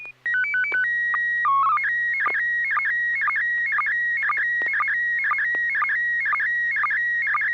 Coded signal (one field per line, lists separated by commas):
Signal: SSTV (slow-scan television)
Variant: PD 120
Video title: N6NA SSTV Net - 04/02/2025